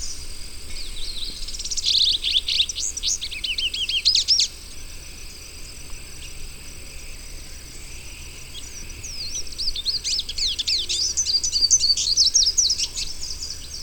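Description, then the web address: Olivaceous siskin song in two bursts of fast, high twittering and buzzy chirps, separated by a quieter pause, over a constant high-pitched hiss. Ecuador. "Natures Songs S America Birds of Ecuador Olivaceous Siskin"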